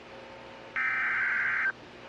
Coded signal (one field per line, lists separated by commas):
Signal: Emergency Alert System (SAME) tones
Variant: header bursts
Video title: The 2034 Columbus riots. EAS Scenario￼